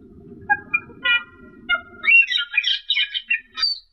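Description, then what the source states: Camperling song: a few clear whistled notes over low rumble, then a loud burst of harsh, jumbled chattering. Masteran song, used as a training recording to teach songbirds to sing.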